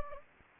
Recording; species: mosquito wingbeat signal from an infrared sensor; Anopheles gambiae